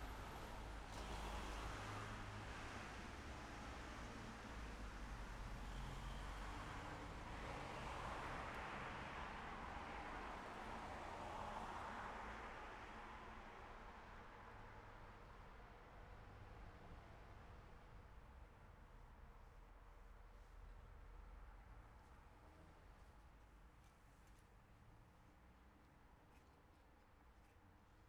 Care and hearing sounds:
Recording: everyday scene through a hearing-aid microphone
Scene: in traffic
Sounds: traffic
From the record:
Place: city secondary road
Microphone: behind the ear, left, rear

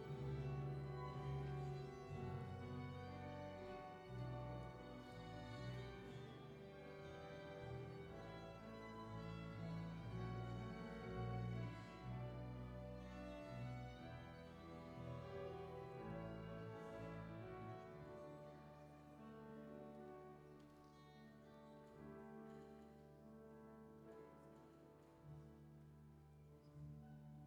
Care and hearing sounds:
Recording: everyday scene through a hearing-aid microphone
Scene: reverberant space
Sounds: music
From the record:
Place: church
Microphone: behind the ear, left, rear

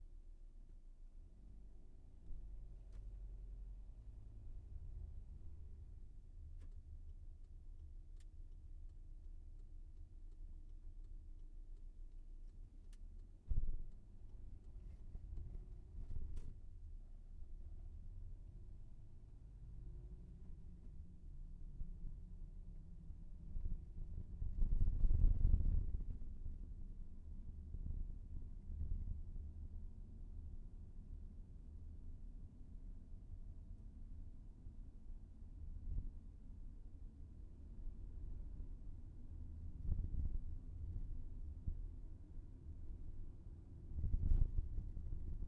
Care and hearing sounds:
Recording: everyday scene through a hearing-aid microphone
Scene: in a vehicle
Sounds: engine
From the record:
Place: VW T5 Caravelle, diesel engine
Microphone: behind the ear, left, front

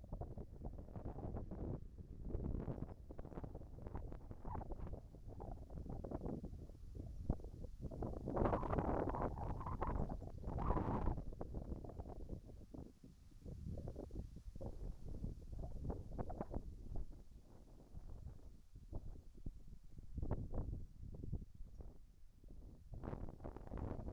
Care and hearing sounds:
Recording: everyday scene through a hearing-aid microphone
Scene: wind on the microphone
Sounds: wind, whistling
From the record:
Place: in front of a rural house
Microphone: behind the ear, right, rear

